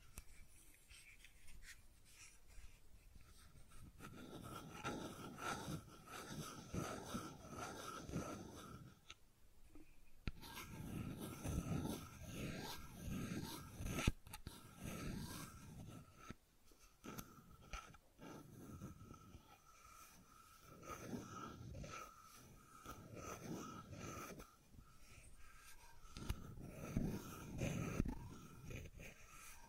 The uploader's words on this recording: ASMR Fidget Cube Tapping and Clicking Sounds (No Talking).